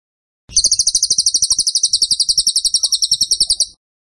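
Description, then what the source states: Bird delivering a sustained high-pitched rattling trill, notes repeated quickly and evenly for just over three seconds, beginning abruptly and ending cleanly. Masteran (song-training) recording of a bird described as gacor (singing vigorously) with tembakan (rapid bursts) style.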